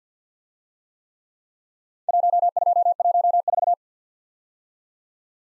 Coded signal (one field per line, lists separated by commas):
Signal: Morse code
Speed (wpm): 49 wpm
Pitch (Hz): 700 Hz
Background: none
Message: 1214